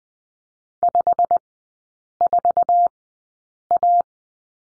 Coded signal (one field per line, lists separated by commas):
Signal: Morse code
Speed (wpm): 20 wpm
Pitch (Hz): 700 Hz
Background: none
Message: 54A